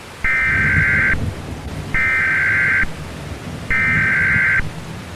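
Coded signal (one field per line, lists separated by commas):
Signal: Emergency Alert System (SAME) tones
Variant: header bursts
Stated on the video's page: Fictional EAS scenario using valid EAS tones.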